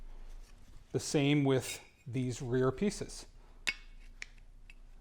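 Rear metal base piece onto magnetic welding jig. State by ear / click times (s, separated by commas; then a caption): seated / 3.7 s. Someone talks while a rear metal piece of the 2015 Hugo Award base is placed onto a magnetic welding jig. It snaps into place with a sharp metallic clink at 3.7 s, and it is seated. A few fainter ticks follow.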